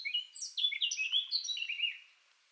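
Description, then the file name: Eurasian blackcap song: a brief, hurried warble of mixed scratchy and whistled notes, fading out after two seconds. "Sylvia atricapilla"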